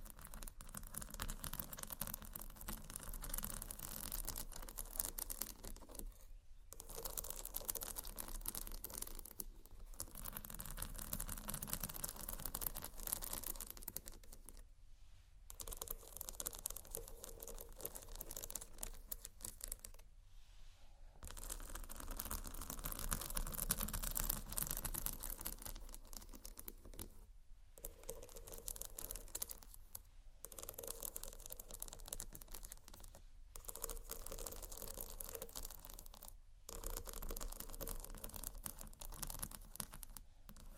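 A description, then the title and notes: Slow, soft scratching runs in long continuous strokes, a dense rough rasp with a full low body and a hissy top. Brief silent breaks fall every few seconds, near 6, 10, 15, 21, 27, 30, 33 and 36 seconds, between passes. Slow, Deep & Soft Scratching (No Talking).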